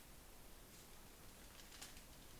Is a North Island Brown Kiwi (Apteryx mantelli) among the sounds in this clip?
no